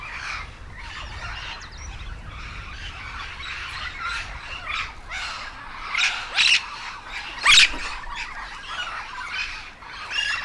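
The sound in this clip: Yellow-shouldered parrot harsh squawks, scattered rasping calls throughout, with two loud sharp outbursts in the latter half.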